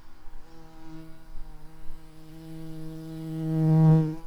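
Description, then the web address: Garden bumblebee buzzing: a low, steady droning hum with rich overtones that swells louder near the end before fading. Garden bumblebee workers, in a learning set. "bumblebees Hortorum-workers"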